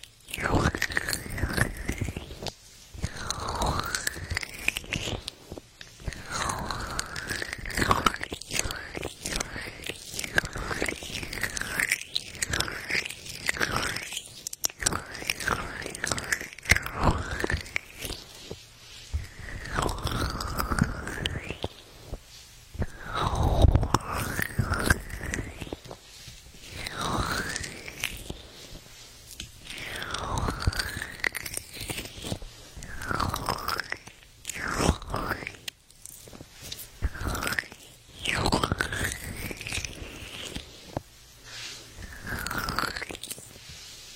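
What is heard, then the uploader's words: Feather plugs rub and shift inside the ears in repeated crackling, scratchy sweeps every second or two, with rising and falling swishes throughout. Goose feather plugs in the ears.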